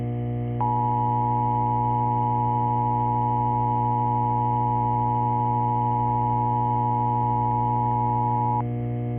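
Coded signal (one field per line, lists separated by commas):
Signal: Emergency Alert System (SAME) tones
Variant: 853 and 960 Hz attention tone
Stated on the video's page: Fictional mock EAS alert using SAME tones.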